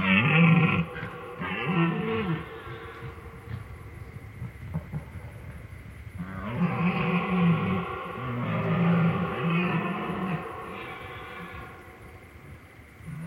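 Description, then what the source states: Red deer rutting bellows, a deep groaning roar at the start, then a longer series of hoarse bellows in the second half, with low background noise. Rut (brame) well underway for eight days; microphones set in the evening, calls came during the night.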